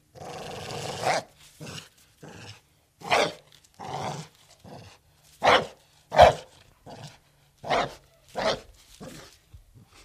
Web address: pit bull